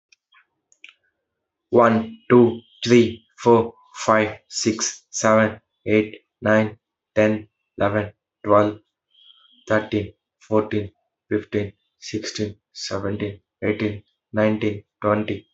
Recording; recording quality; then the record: counting at a normal pace; excellent, no background noise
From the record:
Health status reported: exposed to COVID-19, no respiratory illness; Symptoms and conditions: cough, cold, sore throat, loss of smell and taste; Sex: male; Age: 19 years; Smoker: not ticked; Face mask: not worn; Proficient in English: yes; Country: India